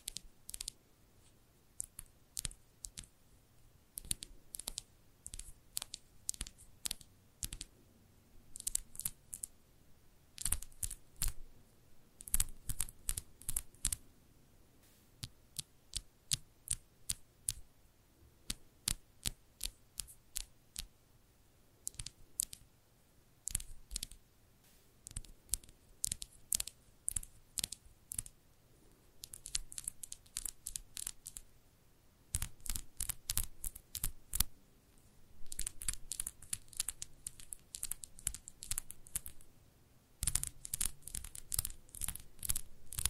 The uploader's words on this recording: ASMR Irresistible Tapping. No Talking.